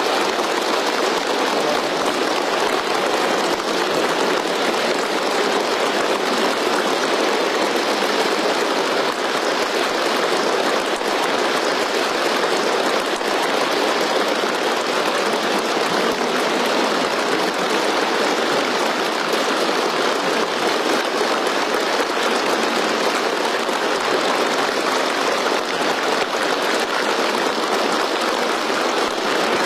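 Warm, sustained applause from a large crowd of conference delegates as Xi Jinping meets them at the Jingxi Hotel in Beijing, a dense steady patter of many clapping hands that holds at an even loudness for the whole half minute, with no voices.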